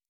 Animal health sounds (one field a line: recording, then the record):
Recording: hydrophone in a shrimp aquaculture tank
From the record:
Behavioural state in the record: normal